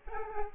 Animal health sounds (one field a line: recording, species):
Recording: mosquito wingbeat signal from an infrared sensor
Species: Aedes aegypti